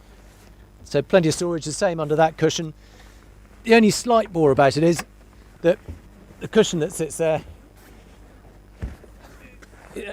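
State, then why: Seated. Someone talks over a low background hum, then the removable cockpit seat cushion of a fibreglass Dromeas 28CC boat is pressed down onto its snap fittings over a storage locker. It snaps into place with a short click at 9.6 s and holds securely, though the locker can't be opened without first taking the cushion off.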